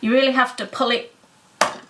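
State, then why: Seated. The loose feeder arm of a yarn ball winder is pulled firmly outward. Someone talks, then a sharp click at 1.6 s is heard as the arm locks into its extended position.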